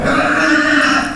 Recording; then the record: squeal of a Yucatan mini pig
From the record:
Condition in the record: after surgery on the right vocal fold (resection and tissue-engineered implant); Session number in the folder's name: 6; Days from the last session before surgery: 40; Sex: female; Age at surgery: 19 weeks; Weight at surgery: 25 kg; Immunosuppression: prednisolone